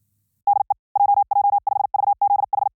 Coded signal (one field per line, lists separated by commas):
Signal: Morse code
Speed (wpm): 56 wpm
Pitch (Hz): 810 Hz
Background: none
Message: DE JJ5VZH